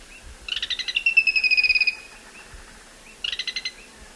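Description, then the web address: Zimmer's tody-tyrant giving a buzzy series of rapid pulses, then a shorter burst of pulses after a pause. Eastern lowlands of South America. "Natures Songs S America Eastern Lowlands. Zimmer's Tody-Tyrant"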